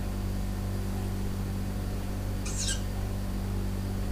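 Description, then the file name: Owl uttering one sharp, high, slightly descending squeal lasting under a second, over a persistent low hum. Owl heard indoors with a clock and a fridge; dated 10 06 17; recorded on an MZ-N710. "Chouette pendule frigo 10 06 17"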